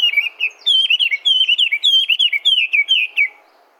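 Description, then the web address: Bird song, a rapid run of bright warbling and chirping notes with quick rising and falling twists, steady for about three seconds before fading out. "yacho koe"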